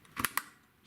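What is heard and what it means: A DDR3 memory stick is pressed into a motherboard DIMM slot next to the CPU cooler. A burst of sharp, bright clicks comes around 0.2–0.25 s, and one more sharp click at 0.4 s. The module seats as the slot latches close.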